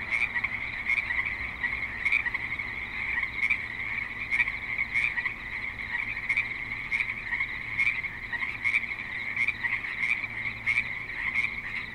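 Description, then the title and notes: Frogs croaking together, a steady trilling chorus of repeated pulses over faint low rumbling noise. Frogs at a creek in Spanish Springs, Nevada, in a suburban setting with light traffic and other suburban sounds. "Frogs in Spanish Springs, NV - creek view. Frogs with light traffic and other suburban sounds"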